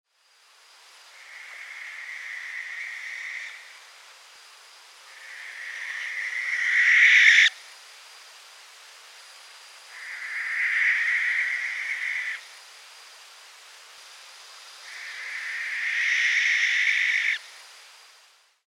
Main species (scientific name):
Tyto alba